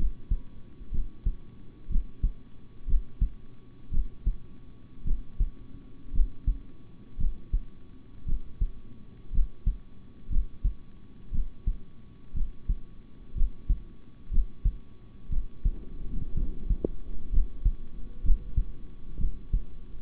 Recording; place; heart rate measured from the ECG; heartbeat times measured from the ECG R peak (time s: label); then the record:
heart sounds by stethoscope; between the tricuspid and mitral areas; 59 bpm
0.91 s: heartbeat
1.89 s: heartbeat
2.86 s: heartbeat
3.90 s: heartbeat
5.04 s: heartbeat
6.12 s: heartbeat
7.17 s: heartbeat
8.25 s: heartbeat
9.31 s: heartbeat
10.29 s: heartbeat
11.31 s: heartbeat
12.33 s: heartbeat
13.34 s: heartbeat
14.30 s: heartbeat
15.29 s: heartbeat
16.34 s: heartbeat
17.31 s: heartbeat
18.22 s: heartbeat
19.18 s: heartbeat
From the record:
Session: rest, sitting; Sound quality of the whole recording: good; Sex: male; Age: 26 years